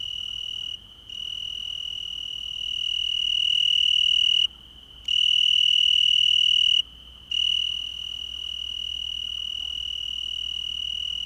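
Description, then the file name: Cricket calling at night, a steady high-pitched continuous trill broken by a few brief gaps, swelling louder in the middle, with a faint low hum beneath. Recorded at night on 6 July 2006. "20060706 Night Cricket"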